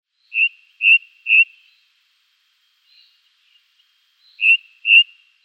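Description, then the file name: Ring ouzel calls: short, hard, high notes, three in quick succession, a pause of about three seconds, then two more, against a quiet background. "Ringdrossel Turdus torquatus"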